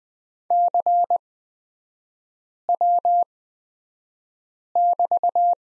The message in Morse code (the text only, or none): CW<BT>